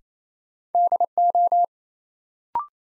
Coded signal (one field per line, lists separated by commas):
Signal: Morse code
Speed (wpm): 28 wpm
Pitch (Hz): 700 Hz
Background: none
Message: DO